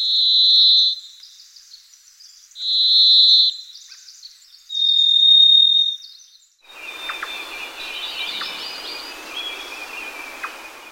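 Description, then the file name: Varied Thrush song: three long, ringing whistled notes separated by pauses, then noisy background sound. "Alison Clarkes Varied Thrush"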